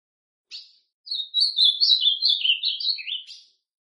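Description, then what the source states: Ultramarine grosbeak delivering one full song: a short chip, then a flowing series of clear slurred notes that gradually descend over about two and a half seconds. Classic song style.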